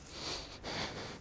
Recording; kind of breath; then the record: one breath in and out by a microphone near the nose and mouth; strong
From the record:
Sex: male